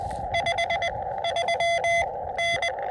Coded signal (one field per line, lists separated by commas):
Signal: Morse code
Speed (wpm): 20 wpm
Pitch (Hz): 680 Hz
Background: none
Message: 53N